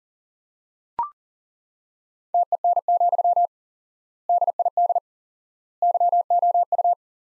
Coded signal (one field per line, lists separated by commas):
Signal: Morse code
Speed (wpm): 37 wpm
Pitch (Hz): 700 Hz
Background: none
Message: TEN, DID YOU